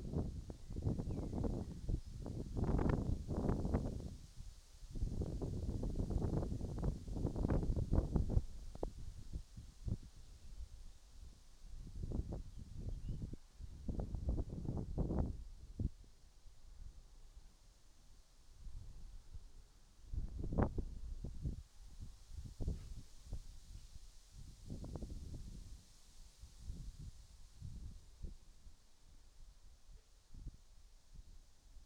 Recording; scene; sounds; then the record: everyday scene through a hearing-aid microphone; wind on the microphone; wind, whistling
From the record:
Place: in front of a rural house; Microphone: in the ear canal, right